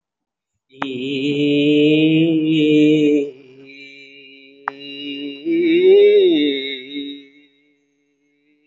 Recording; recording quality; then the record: sustained vowel as in beet; excellent, no background noise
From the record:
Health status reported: respiratory illness, not identified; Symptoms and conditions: breathing difficulty, muscle pain, asthma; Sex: male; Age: 43 years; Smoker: no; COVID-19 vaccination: one dose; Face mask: worn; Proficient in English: yes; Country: India